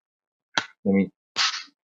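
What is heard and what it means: A modular wall power unit with magnets inside is pushed against its mating wall unit and snaps together with a sharp, bright click at 0.6 s. Someone talks right after. The magnetic module is seated in place.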